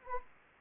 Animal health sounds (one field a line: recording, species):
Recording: mosquito wingbeat signal from an infrared sensor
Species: Anopheles arabiensis